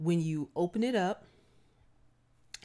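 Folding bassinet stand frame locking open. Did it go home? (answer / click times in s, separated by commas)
yes / 2.5 s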